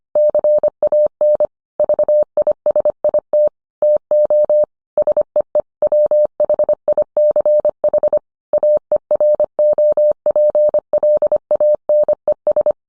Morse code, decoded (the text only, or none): CAN VISIT TO SEE WHICH AEROPLANES